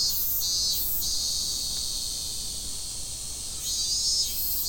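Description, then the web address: Cicada buzzing, a continuous shrill drone with throbbing surges at the beginning and after three and a half seconds, low background rumble underneath. Recorded at Fukushima on 30 July 2015. "nagahata fukudai 150730 cicadda"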